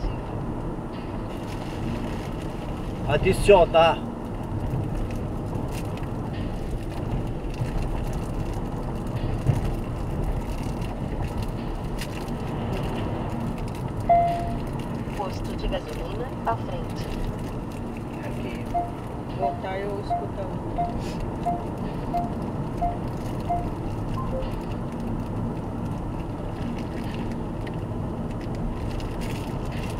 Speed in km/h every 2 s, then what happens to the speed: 64, 64, 64, 65, 64, 62, 60, 61, 62, 64, 63, 62, 62, 60, 65.
0-30 steady at about 63.